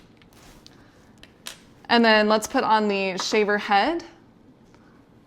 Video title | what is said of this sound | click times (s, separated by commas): Bikini Trimmer Electric Razor Review (Unboxing) | And then to remove it, you just press on the back of it, pop it right off. | 1.5 s